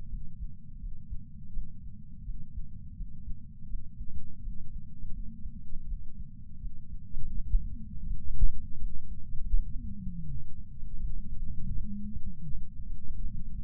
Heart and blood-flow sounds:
heart sounds by patch sensor on the chest; 82 bpm
0.79 s: heartbeat
1.51 s: heartbeat
2.23 s: heartbeat
2.95 s: heartbeat
3.67 s: heartbeat
4.40 s: heartbeat
5.12 s: heartbeat
5.86 s: heartbeat
6.59 s: heartbeat
7.32 s: heartbeat
8.06 s: heartbeat
8.78 s: heartbeat
9.51 s: heartbeat
10.25 s: heartbeat
10.99 s: heartbeat
11.72 s: heartbeat
12.47 s: heartbeat
13.20 s: heartbeat
From the record:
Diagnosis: coronary artery disease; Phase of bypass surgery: intraoperative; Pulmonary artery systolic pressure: 27 mmHg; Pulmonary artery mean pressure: 22 mmHg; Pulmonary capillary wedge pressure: 12 mmHg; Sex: male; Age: 49 years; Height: 175 cm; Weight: 80 kg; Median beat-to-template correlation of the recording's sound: 0.80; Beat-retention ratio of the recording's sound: 1.00

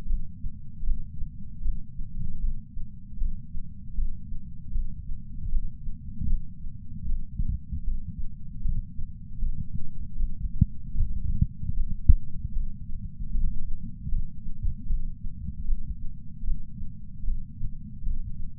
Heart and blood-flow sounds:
heart sounds by patch sensor on the chest; 77 bpm
0.06 s: heartbeat
0.83 s: heartbeat
1.61 s: heartbeat
2.39 s: heartbeat
3.17 s: heartbeat
3.94 s: heartbeat
4.71 s: heartbeat
5.49 s: heartbeat
6.26 s: heartbeat
7.05 s: heartbeat
7.83 s: heartbeat
8.61 s: heartbeat
9.38 s: heartbeat
10.16 s: heartbeat
10.94 s: heartbeat
11.73 s: heartbeat
12.52 s: heartbeat
13.30 s: heartbeat
14.08 s: heartbeat
14.86 s: heartbeat
15.64 s: heartbeat
16.44 s: heartbeat
17.23 s: heartbeat
18.02 s: heartbeat
From the record:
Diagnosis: coronary artery disease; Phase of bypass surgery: intraoperative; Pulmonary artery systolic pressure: 27 mmHg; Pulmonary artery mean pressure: 19 mmHg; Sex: male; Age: 74 years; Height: 170 cm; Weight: 75 kg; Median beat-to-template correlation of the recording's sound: 0.89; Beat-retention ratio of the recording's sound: 0.97

